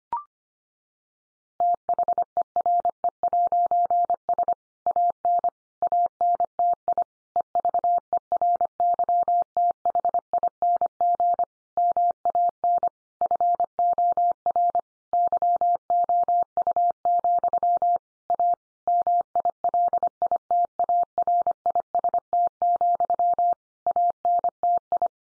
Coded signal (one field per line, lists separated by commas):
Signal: Morse code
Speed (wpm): 25 wpm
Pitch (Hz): 700 Hz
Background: none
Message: THERE'S AN ANTI EVERYTHING MAN FOR YOU, A MILITARIST, ANTI